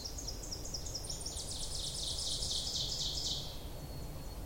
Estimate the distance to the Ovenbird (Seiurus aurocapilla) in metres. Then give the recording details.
about 35 m. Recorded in boreal forest in Alberta, Canada, on 26 May 2016 at 07:54. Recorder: SongMeter 3, array SBT-3-15. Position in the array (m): 52 m, 221 m. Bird 20